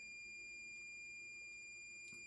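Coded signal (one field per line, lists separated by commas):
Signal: computer data on cassette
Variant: MSX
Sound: a steady high-pitched tone held throughout, like a cassette lead-in tone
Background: faint low hum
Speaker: it's like it can hear a modem noise going through remember that old dial up there it says found host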